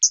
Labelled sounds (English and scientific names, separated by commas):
Hooded Warbler (Setophaga citrina) flight call